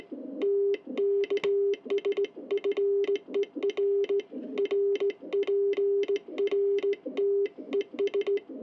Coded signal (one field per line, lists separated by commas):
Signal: Morse code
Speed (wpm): 16 wpm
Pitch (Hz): 400 Hz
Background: none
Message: TKS FER RPRT ES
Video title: EI2KC straight key morse QSO with Everaldo IZ8WSO in Italy